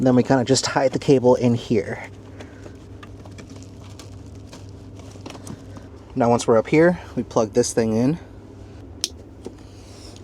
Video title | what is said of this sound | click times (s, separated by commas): Tablet Integration for Model 3 Rear Seat Entertainment | Satisfying click. | 9.0 s